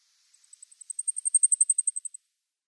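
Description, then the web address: Blackpoll Warbler singing a long string of about twenty high, sibilant notes in even rhythm, soft at first, building to a loud middle, then tapering off; no other sounds. "Schulze Peter Blackpoll Warbler song"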